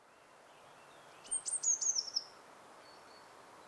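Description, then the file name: Eurasian blue tit gives a single high, thin phrase of quick sharp notes running into a short trill against faint hiss. "Cyanistes caeruleus"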